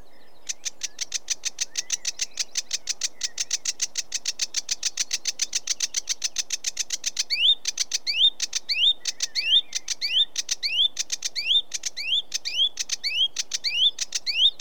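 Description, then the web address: Sedge warbler song: a steady run of dry buzzy ticks, then a stretch where short rising whistles alternate with the harsh notes. Recorded in Britain. "The BBC Sound Effects Library - Complete 60 CDs Collection Sound Effects Library-12 (British Birds) 16 Sedge Warbler"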